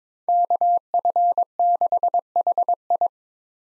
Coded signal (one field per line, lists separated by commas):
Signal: Morse code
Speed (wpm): 22 wpm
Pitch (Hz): 700 Hz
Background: none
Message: KF6HI